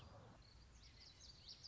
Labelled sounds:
Common Yellowthroat (Geothlypis trichas)
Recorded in Sonoma County, California

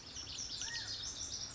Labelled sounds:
Lazuli Bunting (Passerina amoena)
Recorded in Sonoma County, California

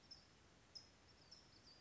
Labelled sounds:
California Towhee (Melozone crissalis)
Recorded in Sonoma County, California

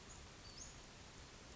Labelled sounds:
Western Flycatcher (Empidonax difficilis)
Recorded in Sonoma County, California

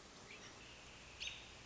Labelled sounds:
American Robin (Turdus migratorius)
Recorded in Sonoma County, California

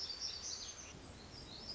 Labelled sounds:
Black-throated Gray Warbler (Setophaga nigrescens)
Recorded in Sonoma County, California

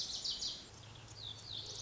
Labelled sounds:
Lazuli Bunting (Passerina amoena)
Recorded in Sonoma County, California

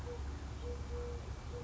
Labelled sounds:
Eurasian Collared Dove (Streptopelia decaocto)
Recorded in Sonoma County, California

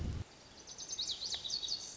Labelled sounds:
Lazuli Bunting (Passerina amoena)
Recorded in Sonoma County, California

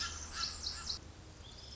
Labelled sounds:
Pacific Wren (Troglodytes pacificus)
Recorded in Sonoma County, California

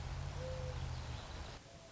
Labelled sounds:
Mourning Dove (Zenaida macroura)
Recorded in Sonoma County, California

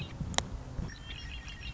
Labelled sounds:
Red-winged Blackbird (Agelaius phoeniceus)
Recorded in Sonoma County, California

